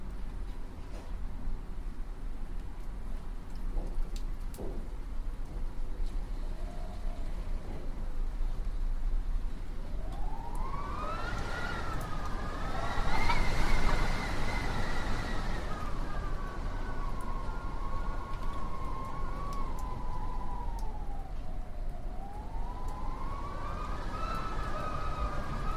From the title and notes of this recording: Howling Winds. This immersive audio track captures the eerie and haunting sound of winds as they blow through trees, buildings, and across landscapes.